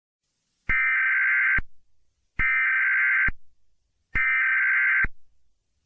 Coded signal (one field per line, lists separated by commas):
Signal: Emergency Alert System (SAME) tones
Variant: header bursts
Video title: EAS Scenario/Mock #13 - Admin/Romeo